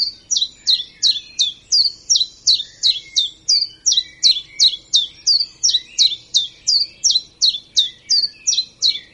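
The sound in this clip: Common chiffchaff singing a steady unbroken series of bright, clipped high notes alternating in pitch, nearly three each second, with a faint lower twitter underneath.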